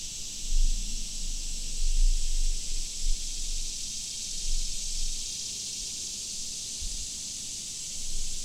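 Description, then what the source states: Swamp cicadas droning in a continuous high hiss, overlaid by intermittent low rumbling gusts that rise and fade. Chorus of swamp cicadas.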